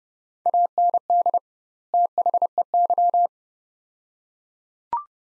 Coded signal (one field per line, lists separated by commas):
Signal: Morse code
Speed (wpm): 31 wpm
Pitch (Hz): 700 Hz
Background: none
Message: AND THEY